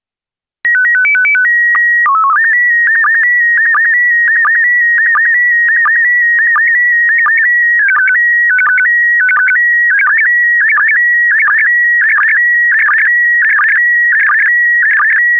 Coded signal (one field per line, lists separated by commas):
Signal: SSTV (slow-scan television)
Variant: PD 90